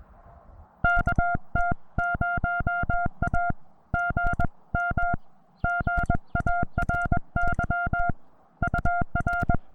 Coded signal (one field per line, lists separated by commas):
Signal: Morse code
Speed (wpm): 20 wpm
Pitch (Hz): 700 Hz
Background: none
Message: KT0A GM GARY UR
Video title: Simple Yet Reliable Morse Code Radio - Penntek TR-35 Transceiver